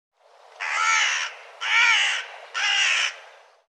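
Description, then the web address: Bird giving three loud, harsh, drawn-out calls, each about half a second long, spaced roughly a second apart. "cianscape birddata Deverinetal 2025 File cleaned normalized Bird"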